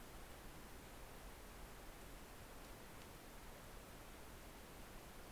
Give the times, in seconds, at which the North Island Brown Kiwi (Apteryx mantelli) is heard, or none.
none